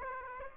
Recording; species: mosquito wingbeat signal from an infrared sensor; Aedes aegypti